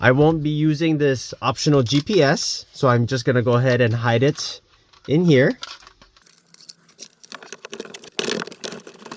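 Someone talks, then an unused optional dash cam GPS module is handled as it is pushed toward a plastic trim recess near the mirror mount to hide it, with soft crinkling and a few sharp ticks. The module has not snapped into place yet; nothing has seated or clicked.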